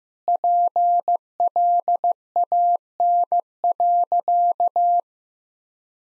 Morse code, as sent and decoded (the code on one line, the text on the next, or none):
.--. .-.. .- -. .-.-.-
PLAN.